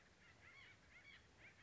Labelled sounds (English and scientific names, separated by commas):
White-breasted Nuthatch (Sitta carolinensis)